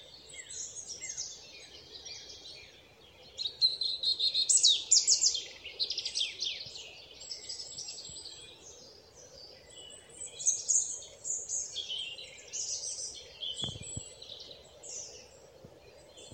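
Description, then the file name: European robin song: varied high, tumbling phrases with brief pauses between them, over soft background hiss. "Erithacus rubecula"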